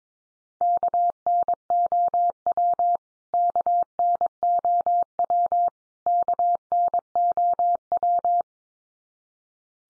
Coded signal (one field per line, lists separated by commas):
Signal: Morse code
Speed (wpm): 22 wpm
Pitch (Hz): 700 Hz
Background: none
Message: KNOW KNOW KNOW